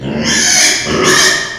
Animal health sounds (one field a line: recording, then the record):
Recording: squeal of a Yucatan mini pig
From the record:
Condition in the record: before surgery on the right vocal fold (resection and tissue-engineered implant)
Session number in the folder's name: 2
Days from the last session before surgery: 0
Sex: male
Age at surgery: 12 weeks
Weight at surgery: 13 kg